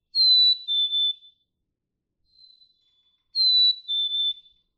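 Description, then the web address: Black-capped chickadee: two clear whistled phrases, each a high note dropping to a lower one, with a quiet single note in between. "birdsongforthecurious Black-capped Chickadee"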